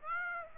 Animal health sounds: mosquito wingbeat signal from an infrared sensor; Aedes aegypti

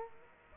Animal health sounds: mosquito wingbeat signal from an infrared sensor; Aedes aegypti

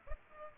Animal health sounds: mosquito wingbeat signal from an infrared sensor; Aedes albopictus

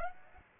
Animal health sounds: mosquito wingbeat signal from an infrared sensor; Aedes aegypti

